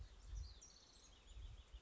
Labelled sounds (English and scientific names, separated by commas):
House Wren (Troglodytes aedon)